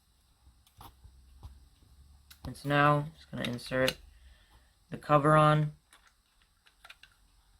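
A plastic top cover for a Raspberry Pi 4 single-board computer case is being handled over the case base, ready to be pressed on. Someone talks, and a few light handling clicks and taps are heard around it. Nothing has seated or clicked into place yet.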